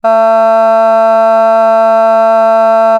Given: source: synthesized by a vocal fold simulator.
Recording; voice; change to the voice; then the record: sustained vowel; female; vocal strain, level 3 of 10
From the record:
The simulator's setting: 0.22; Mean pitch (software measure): 224 Hz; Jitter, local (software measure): 0.18%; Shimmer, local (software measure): 0.7%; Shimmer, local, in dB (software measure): 0.06 dB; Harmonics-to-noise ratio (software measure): 34.2 dB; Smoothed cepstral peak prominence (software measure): 20.6 dB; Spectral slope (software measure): -20.6 dB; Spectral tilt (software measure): -8.3 dB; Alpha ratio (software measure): -11.1 dB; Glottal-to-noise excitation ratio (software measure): 0.993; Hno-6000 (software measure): 2.4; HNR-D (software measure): 41.9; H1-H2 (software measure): 4.3 dB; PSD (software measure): 8.7e-06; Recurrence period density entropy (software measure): 0.144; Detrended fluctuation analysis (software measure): 0.0121